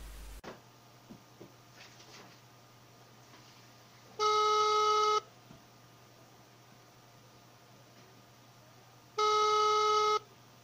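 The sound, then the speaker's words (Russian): A phone line hisses softly with a few faint dialing clicks as a call is placed to the seller of a 2017 Toyota Land Cruiser in Krasnoyarsk, then two steady one-second ringback tones sound about five seconds apart, each a flat, buzzy hum; no one speaks. “В общем, давайте позвоним, послушаем, что скажут.”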